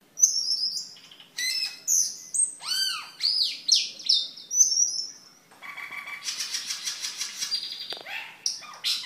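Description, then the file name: Camperling delivering high whistles and looping arched notes, then a long rapid buzzy chatter near the end. "camperling omkicau"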